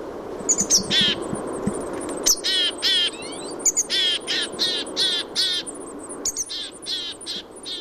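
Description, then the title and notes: Siberian tit giving buzzy, nasal call notes in quick repeated bursts, with short high notes between. "Lapintiainen. Juha Laaksonen. Yle"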